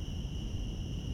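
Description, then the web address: Cicada: a brief stretch of steady, high cicada droning with a deep background rumble. Recorded in Central Park. "lynne-publishing Central Park cicadas"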